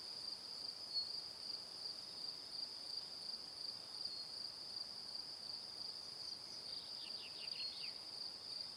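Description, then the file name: High, continuous cricket trill with fast pulses, joined late by a short run of faint downward-sweeping chirps, over low hiss. Crickets heard in the evening. "Calm - Evening Crickets"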